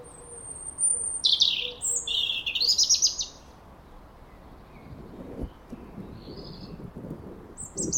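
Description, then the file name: European robin song: high, sweet warbled phrases with thin high whistles, trills and descending notes, then a pause and a fresh phrase starting at the end. "Erithacus rubecula"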